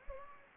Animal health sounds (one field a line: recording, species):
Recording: mosquito wingbeat signal from an infrared sensor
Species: Anopheles gambiae